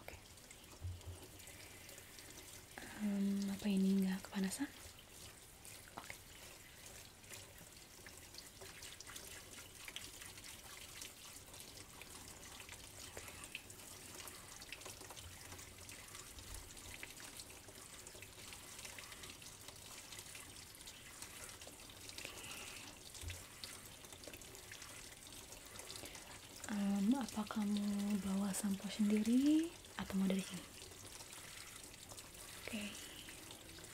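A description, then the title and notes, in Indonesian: A hair-washing scene: water runs steadily from a tap into a basin with a soft, even hiss throughout. Two louder humming bursts with a rising tone break in, briefly near the start and for a few seconds near the end, over a low background rumble. Haircut - Gunting dan Creambath Rambut Kamu (Layered Sounds).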